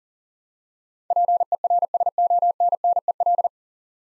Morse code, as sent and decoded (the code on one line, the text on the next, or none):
.--. . .-. ... --- -. -. . .-..
PERSONNEL